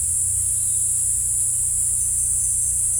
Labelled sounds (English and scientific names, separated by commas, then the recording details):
none
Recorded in dense forest near Puerto Asís, Putumayo, Colombia, on 16 December 2024 at 10:30
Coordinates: 0.467, -76.328
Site GP05